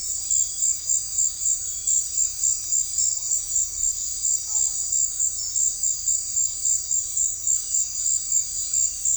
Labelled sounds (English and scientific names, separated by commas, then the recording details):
none
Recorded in secondary vegetation near Puerto Asís, Putumayo, Colombia, on 28 February 2025 at 17:00
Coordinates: 0.484, -76.319
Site G010